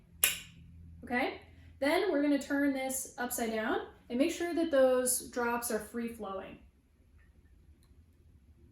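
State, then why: Seated. A swing-top cap is levered down to seal a glass beer bottle and snaps shut with a sharp click at 0.2 seconds, showing it is seated. Someone then talks for several seconds before the clip goes quiet.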